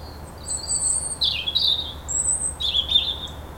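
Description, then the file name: European robin singing drawn-out, very high thin whistles mixed with short fluttering trills, the notes overlapping and shifting in pitch, over faint low background hum. "Erithacus rubecula"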